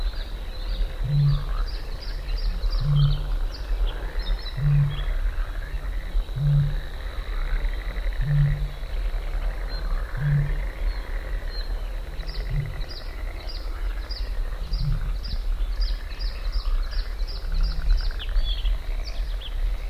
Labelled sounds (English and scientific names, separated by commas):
Bluethroat (Luscinia svecica) song